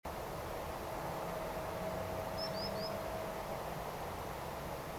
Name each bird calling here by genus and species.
Actitis hypoleucos